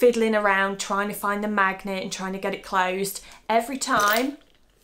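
Someone talks while handling the magnetic flap closure on a small Chloé Tess leather handbag. Speech fills most of the clip, followed by a few faint, brief handling sounds near the end. The clip ends before the clasp seats, so nothing has clicked into place yet.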